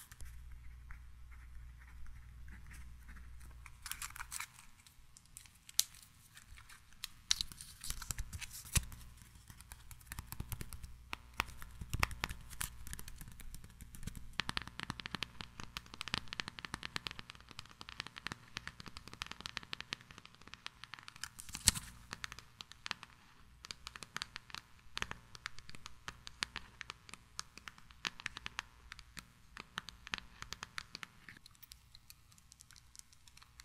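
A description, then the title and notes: Tiny mic triggers: dense, irregular crackling and tapping throughout, over a low rumble, with a sharp louder snap near twenty-two seconds. ASMR 1 HR Of Tiny Mic Triggers.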